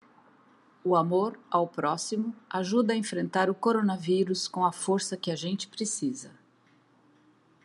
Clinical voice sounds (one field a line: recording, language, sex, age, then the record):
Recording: spoken sentence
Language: Brazilian Portuguese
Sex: female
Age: 60 to 69 years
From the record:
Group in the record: control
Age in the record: 62 years